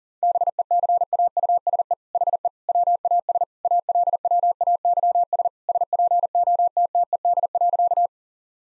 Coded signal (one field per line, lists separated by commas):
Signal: Morse code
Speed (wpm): 40 wpm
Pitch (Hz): 700 Hz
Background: none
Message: BECAUSE HE WAS ALWAYS SPOTTED.